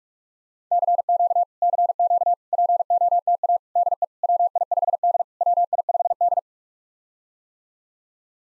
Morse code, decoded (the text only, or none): CQ CQ POTA DE WI5D WI5D